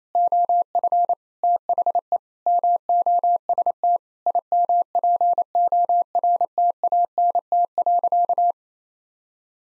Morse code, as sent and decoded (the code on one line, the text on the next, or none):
--- ..-. / - .... . / -- --- ... - / .. -- .--. --- .-. - .- -. - .-.-.-
OF THE MOST IMPORTANT.